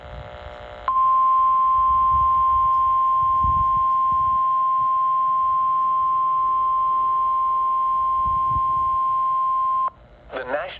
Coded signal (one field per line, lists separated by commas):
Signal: Emergency Alert System (SAME) tones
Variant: 1050 Hz attention tone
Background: speech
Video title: (EAS #423) Severe Thunderstorm Warning for Ogle, Illinois